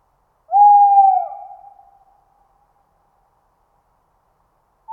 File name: Chouette hulotte